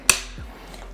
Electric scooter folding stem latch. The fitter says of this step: then once you hear the click, it locks into place.